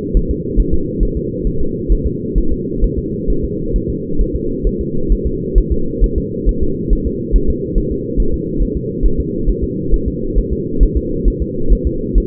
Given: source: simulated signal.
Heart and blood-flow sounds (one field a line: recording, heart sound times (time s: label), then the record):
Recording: fetal heart sounds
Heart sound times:
0.17 s: S1
0.31 s: S2
0.60 s: S1
0.74 s: S2
1.03 s: S1
1.17 s: S2
1.47 s: S1
1.61 s: S2
1.92 s: S1
2.06 s: S2
2.38 s: S1
2.52 s: S2
2.84 s: S1
2.99 s: S2
3.30 s: S1
3.44 s: S2
3.76 s: S1
3.90 s: S2
4.21 s: S1
4.36 s: S2
4.67 s: S1
4.81 s: S2
5.12 s: S1
5.26 s: S2
5.58 s: S1
5.72 s: S2
6.04 s: S1
6.18 s: S2
6.49 s: S1
6.63 s: S2
6.93 s: S1
7.07 s: S2
7.36 s: S1
7.50 s: S2
7.78 s: S1
7.92 s: S2
8.20 s: S1
8.34 s: S2
8.62 s: S1
8.77 s: S2
9.06 s: S1
9.20 s: S2
9.49 s: S1
9.64 s: S2
9.94 s: S1
10.08 s: S2
10.38 s: S1
10.53 s: S2
10.83 s: S1
10.97 s: S2
11.28 s: S1
11.42 s: S2
11.72 s: S1
11.87 s: S2
12.18 s: S1
From the record:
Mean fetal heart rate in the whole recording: 135 bpm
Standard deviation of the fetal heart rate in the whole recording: 3 bpm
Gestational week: 36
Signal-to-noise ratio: -8.1 dB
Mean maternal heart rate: 72 bpm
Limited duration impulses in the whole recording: absent